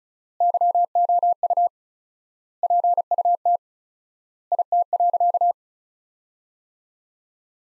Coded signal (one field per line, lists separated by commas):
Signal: Morse code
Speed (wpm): 36 wpm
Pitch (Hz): 700 Hz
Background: none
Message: YOU PUT IT.